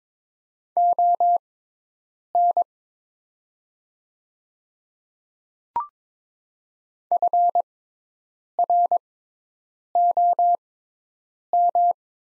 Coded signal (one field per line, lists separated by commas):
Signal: Morse code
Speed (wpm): 22 wpm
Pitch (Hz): 700 Hz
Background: none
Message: ON FROM